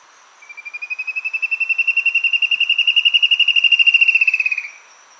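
Spot-backed antshrike call: a fast series of clipped notes lasting about four seconds, rising slightly in pitch, then stopping.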